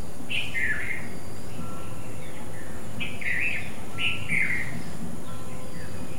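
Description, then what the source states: Bulbul calls, three short bright phrases that slur downward, over a low steady background rumble. Two bulbuls.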